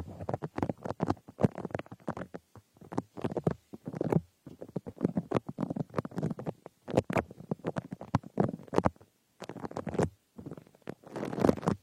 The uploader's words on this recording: Frosted Bath Ball Ear Picking Experience.